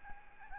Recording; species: mosquito wingbeat signal from an infrared sensor; Aedes albopictus